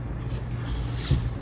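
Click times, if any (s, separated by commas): none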